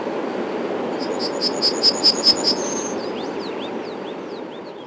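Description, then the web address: Yellowhammer song, a rapid series of repeated high notes closing with a sustained higher note, followed by thin downslurred chirps, over constant background rumble. Spring. "vremena vesna ovsjanka obiknovennaja"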